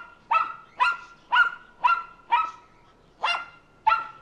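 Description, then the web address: Mammal giving loud, clipped barks about twice a second, with a short gap before the last two barks. "звери"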